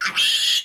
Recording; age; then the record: pig call; piglet (1 to 25 days)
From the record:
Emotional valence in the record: negative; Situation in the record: restrain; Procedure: sham castration, cut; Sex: male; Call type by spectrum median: high-frequency call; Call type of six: high-frequency modulated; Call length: 0.65 s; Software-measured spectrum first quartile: 2900 Hz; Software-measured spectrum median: 3392 Hz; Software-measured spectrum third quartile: 4865 Hz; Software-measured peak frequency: 3202 Hz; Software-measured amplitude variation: 132 dB a second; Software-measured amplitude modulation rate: 20.0 a second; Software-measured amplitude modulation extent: 6.6 dB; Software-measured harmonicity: 4.1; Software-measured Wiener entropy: -2.60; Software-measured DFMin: 980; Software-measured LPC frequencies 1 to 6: 1405, 3255, 4414, 4999, 6777, 9161 Hz